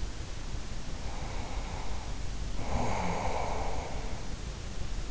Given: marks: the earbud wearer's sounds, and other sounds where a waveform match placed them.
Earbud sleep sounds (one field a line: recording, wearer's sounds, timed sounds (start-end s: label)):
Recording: sounds in sleep by an in-ear microphone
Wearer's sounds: breath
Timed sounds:
1.01-4.71 s: breath